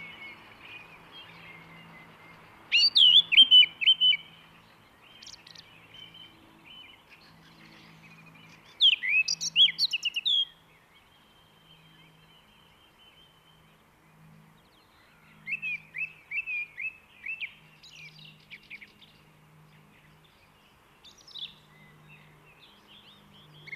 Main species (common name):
Song Thrush